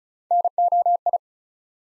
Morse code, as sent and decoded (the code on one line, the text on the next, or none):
-. --- ..
NOI